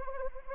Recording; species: mosquito wingbeat signal from an infrared sensor; Anopheles arabiensis